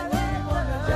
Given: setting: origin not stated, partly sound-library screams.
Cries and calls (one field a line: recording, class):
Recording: one-second piece from a danger detection set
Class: normal situation